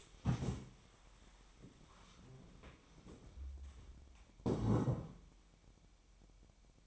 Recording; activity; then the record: daily activity, microphone in the room; stand up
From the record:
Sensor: 1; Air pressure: 1000.4 hPa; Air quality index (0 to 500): 176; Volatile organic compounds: 4 ppm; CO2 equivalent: 1626 ppm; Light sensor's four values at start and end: 12/30/12/14 and 13/30/13/15